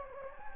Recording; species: mosquito wingbeat signal from an infrared sensor; Anopheles gambiae